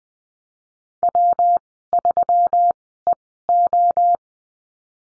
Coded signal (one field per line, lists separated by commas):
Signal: Morse code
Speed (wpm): 20 wpm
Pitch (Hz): 700 Hz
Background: none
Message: W3EO